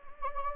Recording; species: mosquito wingbeat signal from an infrared sensor; Anopheles gambiae